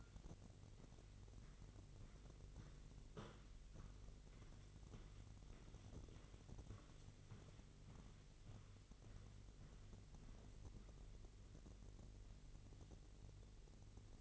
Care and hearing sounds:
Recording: daily activity, microphone in the room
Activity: walk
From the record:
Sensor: 4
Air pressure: 1002.4 hPa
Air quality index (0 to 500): 215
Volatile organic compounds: 11 ppm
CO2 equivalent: 2323 ppm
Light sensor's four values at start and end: 20/70/26/26 and 20/70/26/26

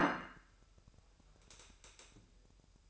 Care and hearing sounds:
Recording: daily activity, microphone in the room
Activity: place plate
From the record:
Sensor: 2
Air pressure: 1001.9 hPa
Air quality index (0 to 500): 248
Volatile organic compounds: 39 ppm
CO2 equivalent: 3136 ppm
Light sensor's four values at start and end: 8/28/11/10 and 8/28/11/10

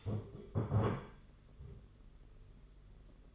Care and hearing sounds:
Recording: daily activity, microphone in the room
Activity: stand up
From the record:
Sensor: 4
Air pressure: 992.5 hPa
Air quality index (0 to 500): 117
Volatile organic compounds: 26 ppm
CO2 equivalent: 2863 ppm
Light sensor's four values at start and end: 20/72/26/28 and 20/72/26/27

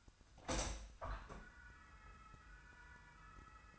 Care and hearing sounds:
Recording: daily activity, microphone in the room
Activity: open window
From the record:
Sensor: 2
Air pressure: 1004.5 hPa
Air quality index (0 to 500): 69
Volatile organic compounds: 1 ppm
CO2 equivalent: 808 ppm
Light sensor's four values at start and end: 6/14/5/5 and 6/14/6/6

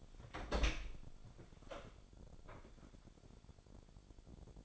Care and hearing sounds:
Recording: daily activity, microphone in the room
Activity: open door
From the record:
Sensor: 5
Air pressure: 1007.3 hPa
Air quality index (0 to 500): 164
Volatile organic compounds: 4 ppm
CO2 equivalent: 1578 ppm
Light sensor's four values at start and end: 56/157/61/61 and 56/159/62/62

